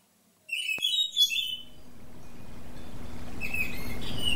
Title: Kicau Kacer Durasi Panjang 1jam Lebih